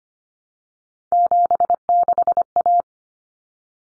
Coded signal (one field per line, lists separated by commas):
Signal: Morse code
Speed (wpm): 25 wpm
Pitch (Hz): 700 Hz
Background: none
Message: 76A